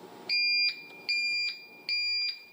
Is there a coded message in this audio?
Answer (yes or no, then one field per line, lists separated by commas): no